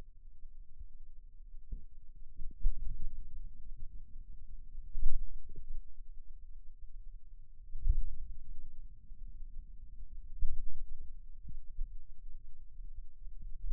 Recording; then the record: forearm muscle sounds (acoustic myography)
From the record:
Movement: finger pinch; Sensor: system 2, bracelet of six BSWA MPA416 microphones around the upper forearm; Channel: 5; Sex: male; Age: 22 years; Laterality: right